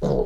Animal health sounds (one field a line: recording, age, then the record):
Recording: pig call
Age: piglet (1 to 25 days)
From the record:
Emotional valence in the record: negative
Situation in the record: long isolation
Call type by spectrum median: low-frequency call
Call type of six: low-frequency stable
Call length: 0.26 s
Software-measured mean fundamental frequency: 61 Hz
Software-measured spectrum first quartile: 143 Hz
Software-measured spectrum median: 357 Hz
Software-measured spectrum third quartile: 502 Hz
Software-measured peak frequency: 442 Hz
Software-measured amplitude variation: 133 dB a second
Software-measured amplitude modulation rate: 24.6 a second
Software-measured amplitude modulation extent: 5.4 dB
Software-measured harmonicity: 1.6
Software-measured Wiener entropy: -0.81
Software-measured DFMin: 1437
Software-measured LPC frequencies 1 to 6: 470, 3865, 4999, 6087, 6620, 9112 Hz